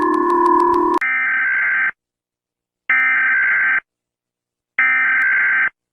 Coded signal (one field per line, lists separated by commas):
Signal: Emergency Alert System (SAME) tones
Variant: header bursts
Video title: Lobotomy, Gorilla, Gen Alpha Zombie, Flushy, and Enderman react to EAS alarms in Melon Playground